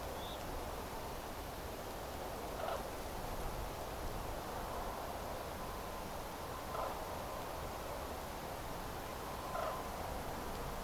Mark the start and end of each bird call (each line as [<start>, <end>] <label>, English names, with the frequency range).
[0.16, 0.37] Common Crane (2.9-4.2 kHz)
[2.58, 2.79] Common Crane (0.6-1.6 kHz)
[6.72, 6.91] Common Crane (0.5-1.6 kHz)
[9.54, 9.73] Common Crane (0.4-2.3 kHz)